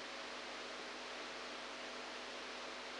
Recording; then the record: brain microelectrode recording played as sound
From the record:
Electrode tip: outside the subthalamic nucleus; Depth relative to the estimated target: 1 mm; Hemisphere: right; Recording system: NeuroSet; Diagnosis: Parkinson's disease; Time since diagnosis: 7 years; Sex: male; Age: 69 years